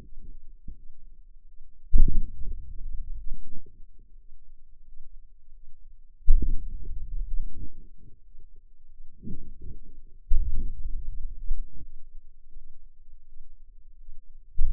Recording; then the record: forearm muscle sounds (acoustic myography)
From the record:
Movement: hand opening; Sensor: system 2, bracelet of six BSWA MPA416 microphones around the upper forearm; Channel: 5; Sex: female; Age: 23 years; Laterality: right